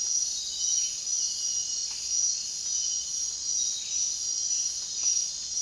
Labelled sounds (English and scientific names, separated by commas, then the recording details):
none
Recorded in dense forest near Puerto Asís, Putumayo, Colombia, on 23 June 2025 at 01:00
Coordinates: 0.466, -76.327
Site GP04